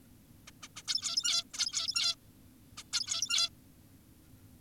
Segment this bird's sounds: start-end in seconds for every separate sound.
0.48-0.52, 0.63-0.68, 0.76-0.82, 0.88-1.44, 1.54-2.15, 2.78-2.83, 2.93-3.50